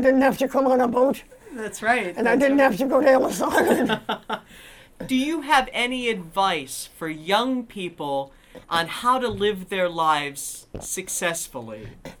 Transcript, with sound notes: I didn't have to go on a boat.
That's right.
And I didn't have to go to Ellis Island. (they laugh)
Do you have any advice for young people on how to live their lives successfully?